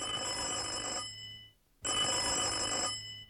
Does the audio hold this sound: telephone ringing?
yes